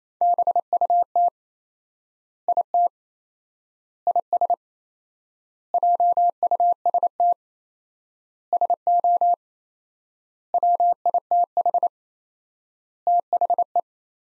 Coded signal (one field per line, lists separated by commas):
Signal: Morse code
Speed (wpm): 28 wpm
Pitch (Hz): 700 Hz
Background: none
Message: BUT IT IS JUST SO WITH THE